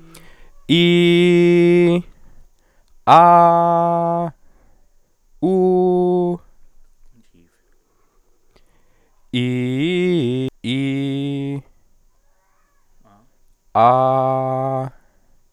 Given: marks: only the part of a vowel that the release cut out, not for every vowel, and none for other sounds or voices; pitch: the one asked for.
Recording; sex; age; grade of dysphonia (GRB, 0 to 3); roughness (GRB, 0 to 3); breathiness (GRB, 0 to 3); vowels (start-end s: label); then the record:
sustained vowels; male; 20 to 29 years; 0; 0; 0
0.77-1.89 s: vowel /i/, high pitch
3.22-4.20 s: vowel /a/, high pitch
5.48-6.29 s: vowel /u/, high pitch
10.75-11.55 s: vowel /i/, low pitch
13.91-14.81 s: vowel /a/, low pitch
From the record:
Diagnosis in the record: healthy voice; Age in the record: 24 years